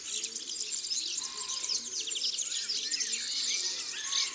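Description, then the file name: European serin song, a continuous high-pitched jingling rattle of fast buzzy, glassy notes, with a few lower slurred whistles from another bird beneath it. "Serin cini ABC des chants doiseaux"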